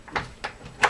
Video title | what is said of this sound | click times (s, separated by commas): Aphrodite turn over video for new crew | release a little click | 0.8 s